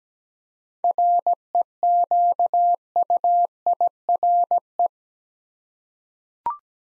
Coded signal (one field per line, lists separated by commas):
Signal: Morse code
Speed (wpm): 17 wpm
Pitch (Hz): 700 Hz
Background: none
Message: REQUIRE